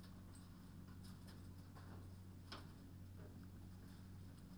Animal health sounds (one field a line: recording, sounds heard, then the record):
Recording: poultry house recording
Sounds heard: no chicken sound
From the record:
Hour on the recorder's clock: 22